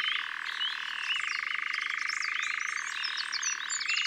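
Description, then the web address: European nightjar churring, a steady mechanical pulsed trill that shifts pitch up and down several times, with other birds singing high above it. "Engoulevent-d Europe. abc de la nature"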